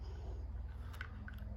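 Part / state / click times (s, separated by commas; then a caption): small retaining clip onto magazine release pin in pistol frame / seated / 1.0 s. A small metal retaining clip is pushed over onto the pin of a Glock 43X / 48 pistol magazine release (Shield Arms Premium) in the pistol frame. It seats with a sharp click at 1.0 s, followed by two fainter ticks at about 1.3 s and 1.4 s over a low background hum. The clip is confirmed clicked into place.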